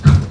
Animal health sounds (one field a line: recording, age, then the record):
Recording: pig call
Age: growing-finishing pig (85 days or more)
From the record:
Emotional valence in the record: positive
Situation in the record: run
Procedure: transit